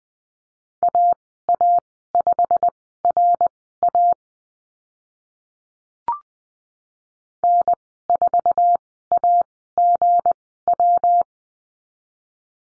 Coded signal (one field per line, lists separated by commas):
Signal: Morse code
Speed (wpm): 19 wpm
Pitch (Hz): 700 Hz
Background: none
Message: AA5RA N4AGW